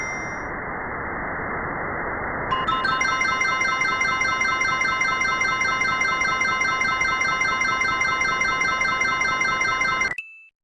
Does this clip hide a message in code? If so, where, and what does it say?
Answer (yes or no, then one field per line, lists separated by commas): no